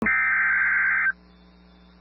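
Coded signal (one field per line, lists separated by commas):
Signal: Emergency Alert System (SAME) tones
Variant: header bursts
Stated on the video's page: Severe Thunderstorm Warning carrying valid, operational EAS tones.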